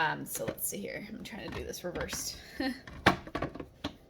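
Someone talks while handling a blender jar over its fixed electrical blender motor base, with a few light knocks and clatters and a brief sharp knock near 3.9 s. The jar has not yet snapped into place; nothing has seated or clicked by the end of the clip.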